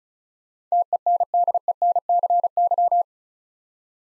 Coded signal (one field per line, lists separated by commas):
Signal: Morse code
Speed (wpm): 36 wpm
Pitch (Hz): 700 Hz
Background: none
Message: TENDENCY